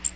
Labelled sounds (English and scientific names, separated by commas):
Magnolia Warbler (Setophaga magnolia) flight call